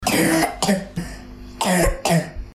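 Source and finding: Child. Croup cough (laryngotracheitis).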